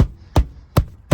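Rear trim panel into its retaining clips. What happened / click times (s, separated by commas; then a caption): The trim panel clips snapped home / 0.4 s, 0.8 s. The top rear trim panel of a Tesla Model 3 is pressed down hard into its retaining clips, giving sharp, loud knocks at about 0.4 s and 0.8 s, with a third, softer knock at 1.1 s. Its plastic clips snap home at 0.4 s and 0.8 s, and the panel is latched and seated.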